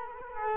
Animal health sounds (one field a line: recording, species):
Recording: mosquito wingbeat signal from an infrared sensor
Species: Culex quinquefasciatus